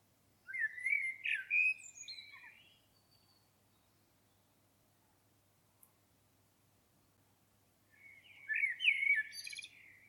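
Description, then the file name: Common blackbird song: two fluted warbling phrases with high twittering notes, separated by about five seconds of quiet. "Turdus merula"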